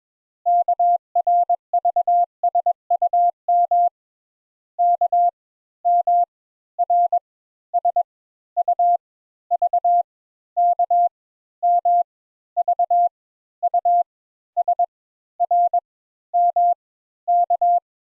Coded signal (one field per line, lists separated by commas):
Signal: Morse code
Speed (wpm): 22 wpm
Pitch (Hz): 700 Hz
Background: none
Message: KRVSUM K M R S U V K M V U S R M K